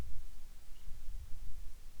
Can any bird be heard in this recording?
yes